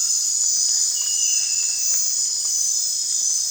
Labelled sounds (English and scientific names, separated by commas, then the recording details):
none
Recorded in dense forest near Puerto Asís, Putumayo, Colombia, on 27 June 2025 at 20:00
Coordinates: 0.468, -76.322
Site GP03